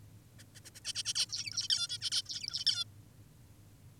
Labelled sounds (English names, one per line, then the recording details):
Zebra Finch
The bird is an adult
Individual g19o10U